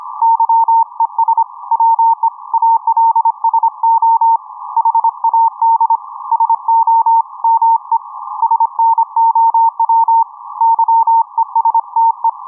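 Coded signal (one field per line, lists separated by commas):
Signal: Morse code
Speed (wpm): 25 wpm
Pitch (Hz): 910 Hz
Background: none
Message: YES WE ALSO HAD SOME SNOW YESTE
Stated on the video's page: 80m amateur Morse on 3.557 MHz, received with a Nooelec SDR and HamItUp upconverter.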